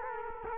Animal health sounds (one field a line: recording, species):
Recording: mosquito wingbeat signal from an infrared sensor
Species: Culex quinquefasciatus